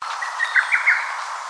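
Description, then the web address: Lesser cuckoo calling, a brief run of a few quick sharp whistled notes over little more than a second. Recorded on 16 May 2014. "birdenaga hototogisu 140516"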